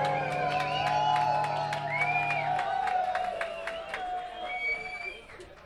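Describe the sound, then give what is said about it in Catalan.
A crowd applauds and cheers for a band, a young rock covers band from Cerdanyola, at their first concert, with dense clapping, high whoops and shouts rising over a sustained hum that drops out midway, the ovation continuing steadily before easing off at the end. “Fort aplaudiment per ….”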